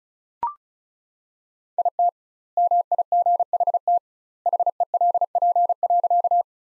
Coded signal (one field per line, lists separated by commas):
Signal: Morse code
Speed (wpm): 36 wpm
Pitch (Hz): 700 Hz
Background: none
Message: IT MIGHT HELP.